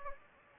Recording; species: mosquito wingbeat signal from an infrared sensor; Anopheles gambiae